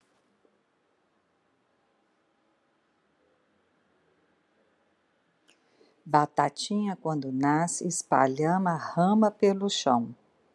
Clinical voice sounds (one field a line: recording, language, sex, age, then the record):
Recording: short text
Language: Brazilian Portuguese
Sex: female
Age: 60 to 69 years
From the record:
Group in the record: control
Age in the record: 60 years